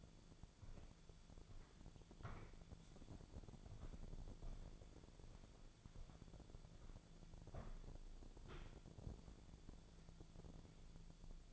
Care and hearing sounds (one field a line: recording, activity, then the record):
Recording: daily activity, microphone in the room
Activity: walk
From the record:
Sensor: 5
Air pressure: 1008.3 hPa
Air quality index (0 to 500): 151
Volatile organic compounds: 3 ppm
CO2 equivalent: 1454 ppm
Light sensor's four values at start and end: 62/172/67/68 and 62/172/67/68